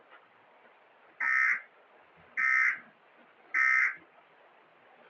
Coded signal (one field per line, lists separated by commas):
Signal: Emergency Alert System (SAME) tones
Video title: EAS scenario angry joe warns people in the world! Sound Effect